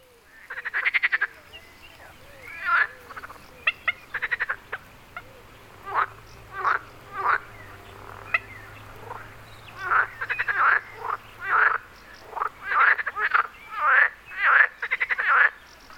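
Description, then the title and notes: Frogs calling with spaced, pulsed croaks that become more frequent and regular toward the end, with a faint low hum underneath. Frogs on Wyspa Sobieszewska, Gdańsk, Poland. "Wyspa Sobieszewska, Gdańsk, Poland - Frogs. Żaby. rec Rafał Kołacki"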